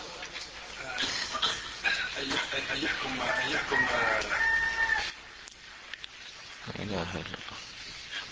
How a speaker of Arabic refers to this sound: يجوز نرفع دعاء هذه حكاية صياح ديك وحكاية صياح الديك. لا أظن أنه يصح الدعاء عندها